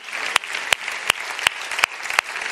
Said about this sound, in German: Steht ihr einfach mal auf, die ihr mitgearbeitet habt. Einfach mal alle, die mitgearbeitet haben, steht einfach mal auf. Kräftiger Applaus für euch, Halleluja.